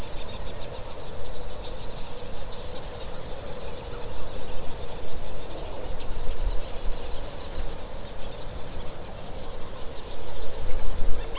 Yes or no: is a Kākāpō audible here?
no